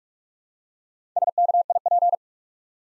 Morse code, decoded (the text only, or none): SKIP